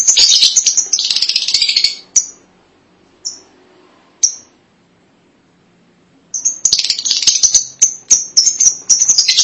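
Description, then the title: Lovebird calls: loud shrill chattering, a quiet spell with two single chirps, then intense rapid chattering with sharp clicks. "Suara Burung Lovebird"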